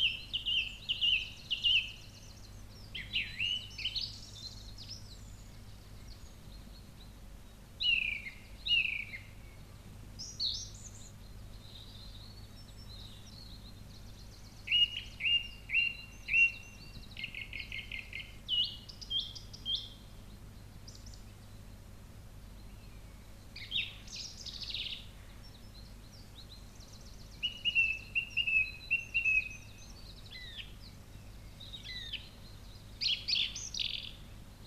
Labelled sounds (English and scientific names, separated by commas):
Song Thrush (Turdus philomelos) song